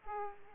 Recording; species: mosquito wingbeat signal from an infrared sensor; Aedes aegypti